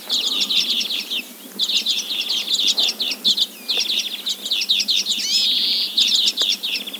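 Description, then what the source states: Arctic redpoll: a dense run of twittering chatter and fast rattles, broken by a few upslurred notes and a single long buzz late on. Greenland.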